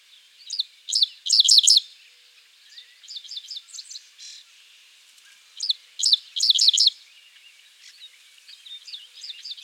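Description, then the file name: Dickcissel repeating its buzzy song, short introductory chips then three emphatic rasping notes, twice, with fainter stuttering notes filling the gaps. "Spiza americana - Dickcissel"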